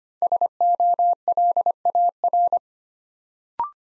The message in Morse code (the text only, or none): SOLAR